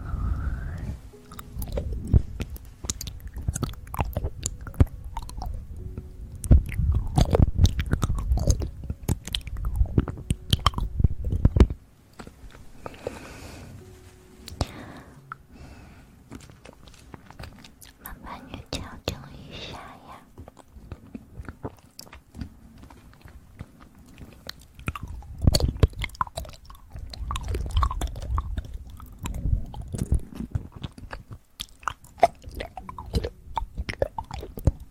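Wet, sticky crunching of someone eating sugar and gel comes in dense bursts at the start and around 25 seconds, with quieter clicking between.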